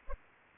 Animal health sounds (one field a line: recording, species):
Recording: mosquito wingbeat signal from an infrared sensor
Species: Anopheles arabiensis